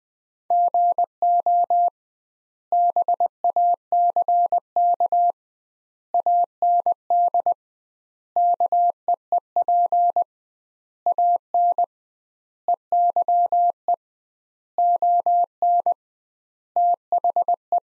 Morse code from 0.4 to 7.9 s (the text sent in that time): GO BACK AND